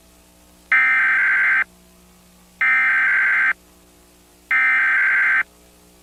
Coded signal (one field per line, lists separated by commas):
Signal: Emergency Alert System (SAME) tones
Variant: header bursts